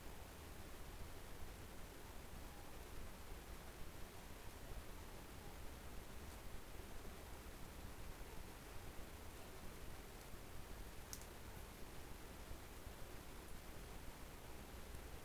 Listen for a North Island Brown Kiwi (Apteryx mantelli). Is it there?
no